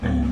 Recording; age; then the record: pig call; growing-finishing pig (85 days or more)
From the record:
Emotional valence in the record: negative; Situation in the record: barren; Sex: female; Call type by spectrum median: low-frequency call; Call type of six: low-frequency modulated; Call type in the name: low-frequency stable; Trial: 3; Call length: 0.32 s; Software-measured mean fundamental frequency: 40 Hz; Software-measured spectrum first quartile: 96 Hz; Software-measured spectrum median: 200 Hz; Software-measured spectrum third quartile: 338 Hz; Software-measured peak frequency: 238 Hz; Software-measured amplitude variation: 123 dB a second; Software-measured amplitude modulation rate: 27.9 a second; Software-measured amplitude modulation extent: 4.4 dB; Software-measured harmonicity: -0.1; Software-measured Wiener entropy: -1.00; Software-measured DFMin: 686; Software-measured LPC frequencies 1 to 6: 1721, 2332, 3205, 5948, 6850, 8336 Hz